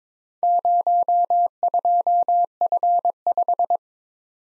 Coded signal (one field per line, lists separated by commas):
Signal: Morse code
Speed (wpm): 22 wpm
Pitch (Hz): 700 Hz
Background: none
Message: 02F5